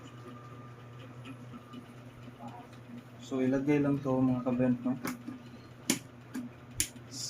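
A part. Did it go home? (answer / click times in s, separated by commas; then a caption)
yes / 6.8 s. A DJI Osmo Action 5 Pro action camera is fitted into its quick-release mount on a motorcycle setup and pushed until it latches. Someone talks, then sharp clicks sound, with the locking click at 6.8 seconds. The camera is seated and locked in the mount.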